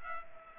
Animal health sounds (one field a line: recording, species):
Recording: mosquito wingbeat signal from an infrared sensor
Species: Culex pipiens